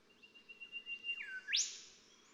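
Golden whistler song with a held whistled tone, a dipping note and a strong rising whip, over hissy background noise.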